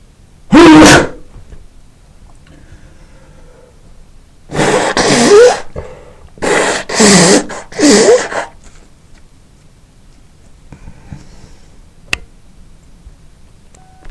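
An adult man gives a single sharp sneeze, then three forceful, rushing nose blows close together.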